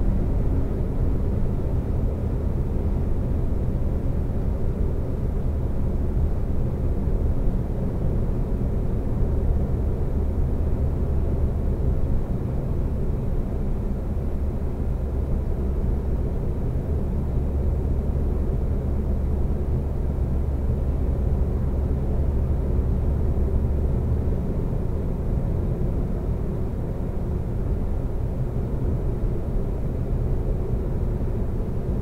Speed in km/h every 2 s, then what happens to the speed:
122, 119, 116, 114, 113, 113, 108, 106, 105, 105, 105, 105, 105, 105, 106, 106.
0-15 slows to 105. 15-32 steady at about 105.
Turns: none.